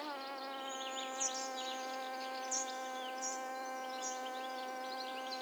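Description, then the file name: Hoverfly wing buzz: an even, unbroken humming drone, with a few brief high chirps scattered over it. Recorded 7 June 2006. "20060607 Syrphid Fly"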